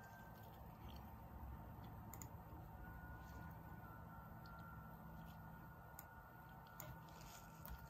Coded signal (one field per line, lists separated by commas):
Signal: FT8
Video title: 1st QSO with Dominican Republic FT8 on 10m